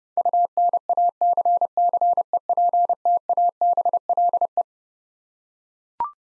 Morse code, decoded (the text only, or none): UNACCEPTABLE